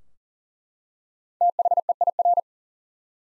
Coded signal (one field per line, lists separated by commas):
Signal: Morse code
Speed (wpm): 40 wpm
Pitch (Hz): 700 Hz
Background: none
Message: THEIR